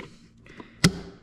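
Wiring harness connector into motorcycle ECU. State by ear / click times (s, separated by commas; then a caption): seated / 0.9 s. A wiring harness connector plug is pushed with some force back into the ECU of a CFMOTO 675SS motorcycle, with its lock lever left free. A few faint taps and rustles come first, then one sharp, loud click at 0.8 s. The plug locks in and is seated, before the lock lever is slid over.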